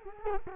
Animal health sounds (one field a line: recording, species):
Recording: mosquito wingbeat signal from an infrared sensor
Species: Culex quinquefasciatus